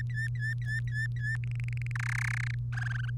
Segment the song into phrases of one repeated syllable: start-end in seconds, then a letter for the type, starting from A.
0.00-1.36 A, 1.44-1.92 B, 1.96-2.55 C, 2.72-3.10 D